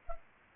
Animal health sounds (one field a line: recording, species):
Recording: mosquito wingbeat signal from an infrared sensor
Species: Culex pipiens